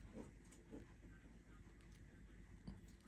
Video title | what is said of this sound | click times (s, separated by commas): How to fit adapters to Casio G Shock watches | okay so it's not it's like it's not exactly in there it's like still just out a bit | none